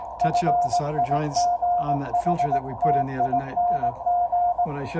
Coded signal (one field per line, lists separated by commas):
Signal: Morse code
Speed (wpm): 19 wpm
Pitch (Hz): 710 Hz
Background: speech, radio noise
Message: FIGHTING